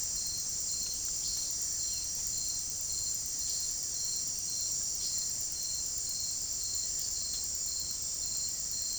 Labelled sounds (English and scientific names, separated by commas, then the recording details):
none
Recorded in secondary vegetation near Puerto Asís, Putumayo, Colombia, on 21 March 2025 at 17:30
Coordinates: 0.489, -76.322
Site G042